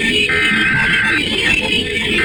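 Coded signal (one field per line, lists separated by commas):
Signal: Emergency Alert System (SAME) tones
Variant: header bursts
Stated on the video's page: Fictional analog horror emergency alert for extreme fire danger in Los Angeles.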